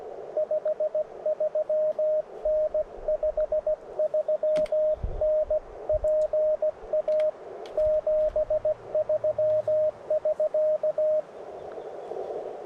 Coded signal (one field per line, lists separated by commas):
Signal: Morse code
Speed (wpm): 20 wpm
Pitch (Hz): 620 Hz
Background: radio noise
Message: 53N 53N PA 73 <SK>